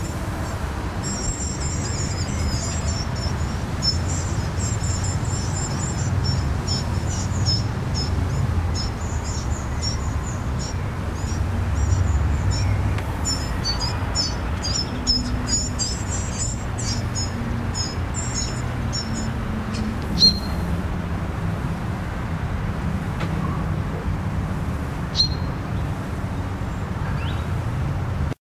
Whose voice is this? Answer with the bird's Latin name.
Phylloscopus collybita